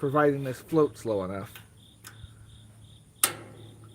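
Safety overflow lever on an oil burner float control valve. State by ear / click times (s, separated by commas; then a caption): seated / 3.2 s. Someone talks, then the small metal safety overflow lever at the back of a Kenmore oil burner's float/constant-level control valve is pressed down to set the shutoff. A faint tick comes at 2.1 s, then a loud, sharp metallic click at 3.2 s as the lever clicks into place and sets, over a steady high insect-like whine.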